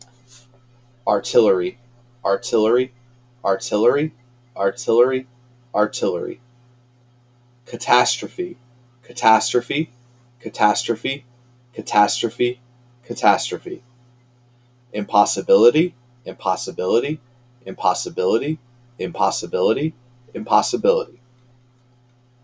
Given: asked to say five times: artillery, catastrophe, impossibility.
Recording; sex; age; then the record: three words, each repeated; male; 30 to 39 years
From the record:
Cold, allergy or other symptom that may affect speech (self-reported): no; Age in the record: 32 years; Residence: Rhode Island, United States